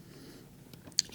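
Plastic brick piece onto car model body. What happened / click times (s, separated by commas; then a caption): The plastic piece snapped into place / 1.0 s. A tight-fitting plastic building-brick piece is pressed home onto the body of a bright blue oldtimer car model. It gives one sharp snap at 0.9 s. The part seats firmly; it is hard to place because it grips tightly, not because it is badly made.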